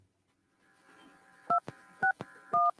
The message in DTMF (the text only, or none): 261